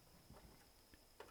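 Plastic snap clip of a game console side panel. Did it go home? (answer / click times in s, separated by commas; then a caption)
released / 1.2 s. A screwdriver is poked between the plugged vent holes of an Xbox 360's plastic case to release an internal plastic snap clip holding the console's side panel. A few soft scraping knocks come first, then a sharp click at 1.2 s as the clip releases, one of six clips on each panel.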